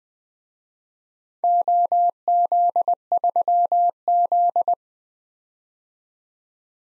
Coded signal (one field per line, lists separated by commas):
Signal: Morse code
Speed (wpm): 21 wpm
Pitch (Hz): 700 Hz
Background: none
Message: OZ3Z